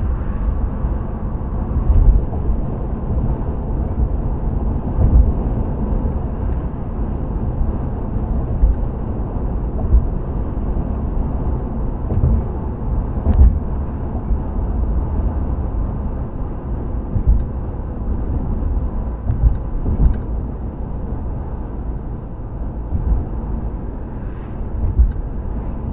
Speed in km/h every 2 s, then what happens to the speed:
76, 77, 77, 77, 79, 77, 77, 76, 72, 71, 68, 64, 63.
0-13 steady at about 77. 13-26 slows to 63.